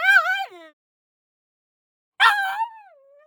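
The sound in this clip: Pug giving two sharp, high yelps, the second trailing off into a fading whine.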